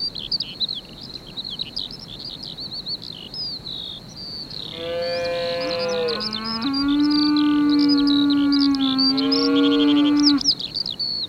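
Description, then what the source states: Cattle moo: a long, drawn-out, steady low bellow in the middle, while high, rapid bird twittering runs throughout. Cow on pasture.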